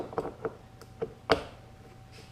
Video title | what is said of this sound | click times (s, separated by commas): Installing "Yak Lights" | down snaps in place that's it | 1.3 s